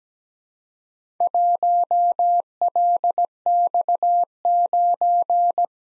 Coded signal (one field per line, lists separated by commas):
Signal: Morse code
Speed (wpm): 17 wpm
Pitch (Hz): 700 Hz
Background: none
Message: 1LX9